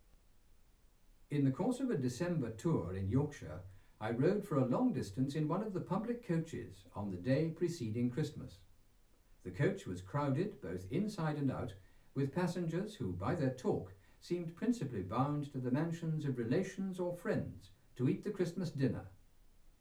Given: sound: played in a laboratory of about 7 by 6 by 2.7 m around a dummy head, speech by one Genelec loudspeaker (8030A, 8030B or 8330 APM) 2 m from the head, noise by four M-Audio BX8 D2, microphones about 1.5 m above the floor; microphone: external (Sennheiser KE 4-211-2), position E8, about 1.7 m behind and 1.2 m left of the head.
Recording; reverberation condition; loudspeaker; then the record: male speech in English; low; 90 degrees to the right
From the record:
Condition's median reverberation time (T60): about 310 ms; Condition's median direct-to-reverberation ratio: about 3.5 dB